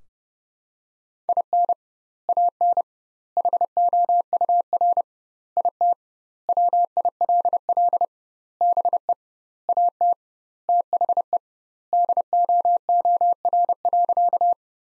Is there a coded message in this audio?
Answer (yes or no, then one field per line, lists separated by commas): yes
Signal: Morse code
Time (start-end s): 1.3-14.5 s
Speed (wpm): 30 wpm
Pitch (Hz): 700 Hz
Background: none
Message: IN AN HOUR IT WILL BE AT THE DOOR.